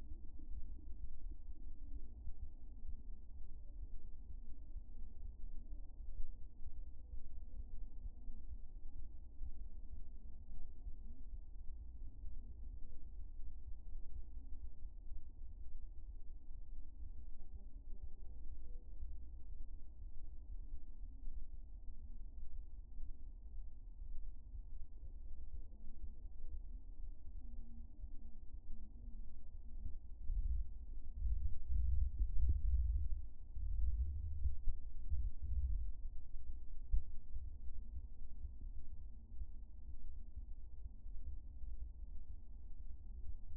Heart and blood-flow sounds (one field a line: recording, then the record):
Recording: fetal heart sounds by stethoscope on the mother's abdomen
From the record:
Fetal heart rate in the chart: 140 bpm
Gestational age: 36 weeks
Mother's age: 30 years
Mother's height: 148 cm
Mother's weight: 67 kg